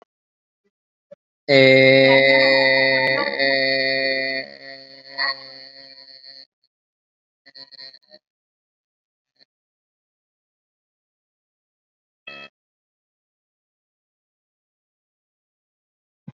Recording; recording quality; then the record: sustained vowel as in made; excellent, no background noise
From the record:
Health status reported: COVID-19 positive, no symptoms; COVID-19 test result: positive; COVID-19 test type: RT-PCR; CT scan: not taken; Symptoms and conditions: muscle pain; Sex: male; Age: 28 years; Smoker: no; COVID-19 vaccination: both doses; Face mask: not worn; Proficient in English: no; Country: India